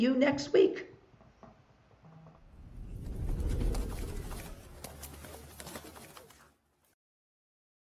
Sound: wings flapping

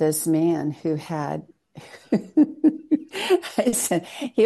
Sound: laughs

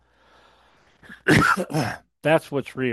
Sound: coughs

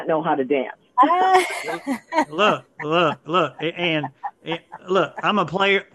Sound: laughs

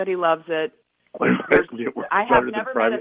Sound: laughs

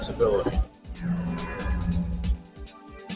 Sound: screen whooshes

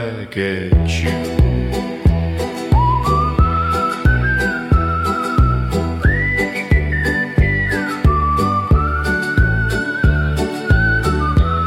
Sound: whistling

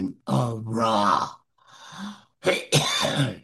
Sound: coughs

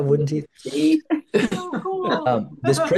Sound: laughs

